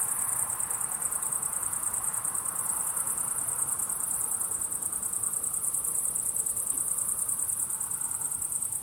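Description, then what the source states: Crickets chirping in a dense, continuous high-pitched chorus, a shimmering buzz of rapid pulses with no pauses, over a faint low background hum. Crickets chirping at sunset.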